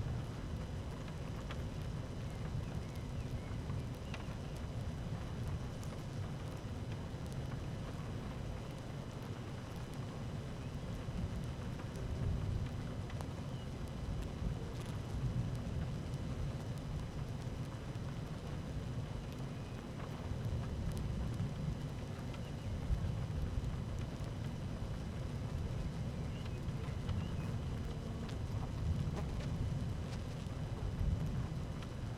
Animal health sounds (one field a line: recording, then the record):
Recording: honeybee colony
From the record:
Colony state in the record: active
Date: 12 June 2018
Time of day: 13:18